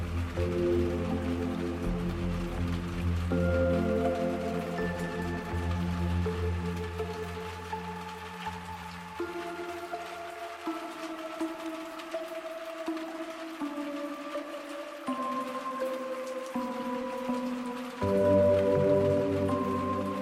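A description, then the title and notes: Sustained melodic tones shift between chords every few seconds over a soft, steady patter of gentle rain, with deep low notes fading midway before returning. Melodic tones remixed with the relaxing rhythm of gentle rain.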